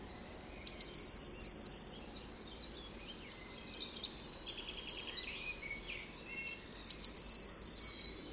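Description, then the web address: Eurasian blue tit repeating a high note followed by a harsh buzzing churr, two bursts about six seconds apart, soft chattering and trills in the gap. "Deverinetal 2025 File origin Bird Only Cy Ca"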